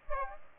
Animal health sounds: mosquito wingbeat signal from an infrared sensor; Aedes aegypti

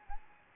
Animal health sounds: mosquito wingbeat signal from an infrared sensor; Anopheles gambiae

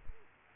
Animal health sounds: mosquito wingbeat signal from an infrared sensor; Culex quinquefasciatus

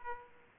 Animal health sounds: mosquito wingbeat signal from an infrared sensor; Aedes aegypti

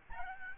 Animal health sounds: mosquito wingbeat signal from an infrared sensor; Aedes albopictus

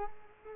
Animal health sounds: mosquito wingbeat signal from an infrared sensor; Culex quinquefasciatus

